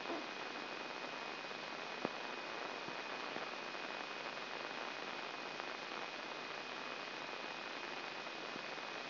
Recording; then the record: brain microelectrode recording played as sound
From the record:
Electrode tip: inside the subthalamic nucleus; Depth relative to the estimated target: 2 mm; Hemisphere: right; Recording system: AlphaMap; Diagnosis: Parkinson's disease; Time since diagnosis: 9 years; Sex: male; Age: 68 years